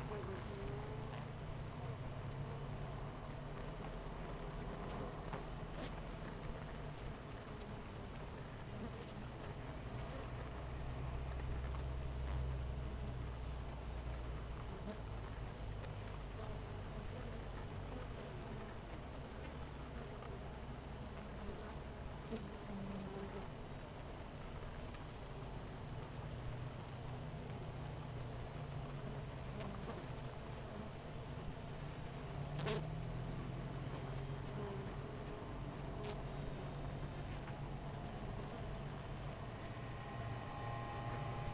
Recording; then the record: honeybee colony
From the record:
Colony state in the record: missing queen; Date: 14 July 2017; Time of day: 8:30